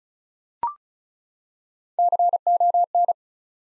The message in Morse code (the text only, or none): CON